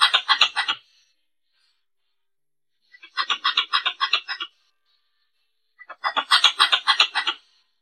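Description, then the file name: Pallas's squirrel chatter: three bursts of fast, harsh, clicking notes with quiet pauses between. Female squirrel calling. "tieng soc cai bung do keu chuan nhat"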